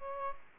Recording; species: mosquito wingbeat signal from an infrared sensor; Aedes aegypti